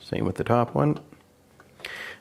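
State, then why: Seated. Someone talks, then the top wire terminal is pushed onto the light socket of a GE microwave while the lights are being reconnected during a drive motor replacement (GE part #WB26X10038). A short, sharp click sounds at 1.9 s as the terminal snaps on and locks, seated in position.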